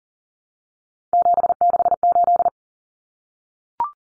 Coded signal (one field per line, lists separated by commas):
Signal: Morse code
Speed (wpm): 37 wpm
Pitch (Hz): 700 Hz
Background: none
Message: 768